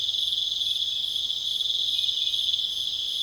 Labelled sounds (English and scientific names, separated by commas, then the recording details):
none
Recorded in pastures near Puerto Asís, Putumayo, Colombia, on 21 December 2024 at 20:00
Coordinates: 0.486, -76.323
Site GP01